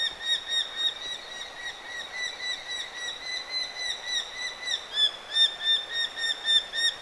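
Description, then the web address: Eurasian hobby fledgling calls: a continuous run of short, sharp, ringing notes, roughly three or four each second, steady throughout with slight variation in loudness. Fledglings calling, 23 August 2025. "23 8 2025 nuolihaukan lentopoikasten aantelya"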